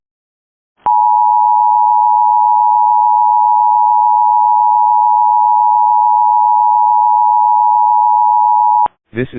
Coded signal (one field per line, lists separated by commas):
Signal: Emergency Alert System (SAME) tones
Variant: 853 and 960 Hz attention tone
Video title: RMT (EAS 95) (5 more EAS videos before the 💯 EAS)